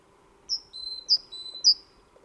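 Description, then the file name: Great tit singing three evenly spaced phrases, each a sharp high whistle then a longer lower note, with faint background noise. "Parus major"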